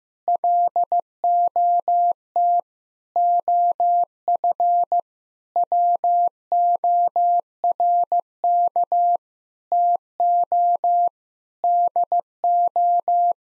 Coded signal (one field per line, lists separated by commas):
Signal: Morse code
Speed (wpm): 15 wpm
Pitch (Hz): 700 Hz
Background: none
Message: LOT OF WORK TO DO